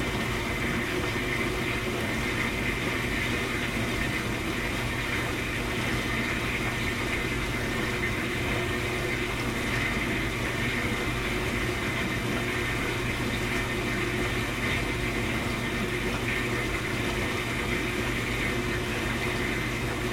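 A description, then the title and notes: A dishwasher runs loudly and without pause, its pump droning and water rushing steadily inside. A low hum with fixed tones sits under a bright hiss, and the level stays constant for the whole stretch, unchanging. The sound of a loud, obnoxious dishwasher cycle.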